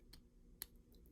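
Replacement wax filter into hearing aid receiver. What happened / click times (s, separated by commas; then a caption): The small plastic filter snapped into place / 0.6 s. A new plastic wax filter is pushed from the applicator tool into a hearing aid's receiver opening. A faint tick sounds at 0.1 s, then a sharp, bright click at 0.6 s as the filter snaps into place, seating it.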